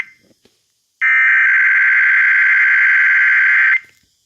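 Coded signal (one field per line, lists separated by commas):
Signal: Emergency Alert System (SAME) tones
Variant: header bursts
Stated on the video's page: Sacramento required monthly test, transmitted by KMXI and KFBK.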